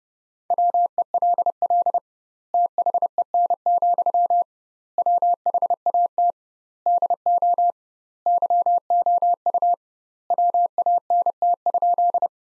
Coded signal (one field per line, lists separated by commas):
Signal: Morse code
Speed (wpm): 30 wpm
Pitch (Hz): 700 Hz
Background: none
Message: WELL THEN, WHAT DO YOU WANT?